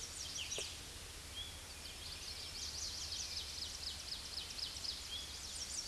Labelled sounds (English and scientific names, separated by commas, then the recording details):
Ovenbird (Seiurus aurocapilla) song
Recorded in a Pennsylvania forest on 16 May 2024 at 07:34
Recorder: AudioMoth, point MSD-0079
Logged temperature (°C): 16.1 °C
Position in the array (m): 210 m, 102 m